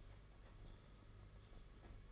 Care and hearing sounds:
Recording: daily activity, microphone in the room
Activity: typing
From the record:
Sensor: 4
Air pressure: 992.6 hPa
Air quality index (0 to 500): 137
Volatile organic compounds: 62 ppm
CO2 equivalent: 3435 ppm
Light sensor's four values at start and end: 19/66/24/25 and 19/66/24/25

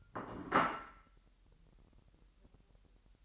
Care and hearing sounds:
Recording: daily activity, microphone in the room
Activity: place plate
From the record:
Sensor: 3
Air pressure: 1002.0 hPa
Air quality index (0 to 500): 247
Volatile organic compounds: 51 ppm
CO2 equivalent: 3312 ppm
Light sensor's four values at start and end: 12/36/16/13 and 12/37/16/13

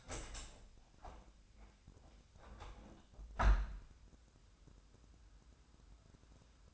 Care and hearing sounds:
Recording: daily activity, microphone in the room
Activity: open window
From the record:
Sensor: 2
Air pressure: 1006.5 hPa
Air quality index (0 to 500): 205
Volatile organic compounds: 15 ppm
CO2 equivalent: 2511 ppm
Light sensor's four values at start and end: 9/21/9/9 and 9/22/9/9

